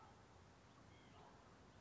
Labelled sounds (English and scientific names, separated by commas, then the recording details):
White-breasted Nuthatch (Sitta carolinensis)
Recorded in Sonoma County, California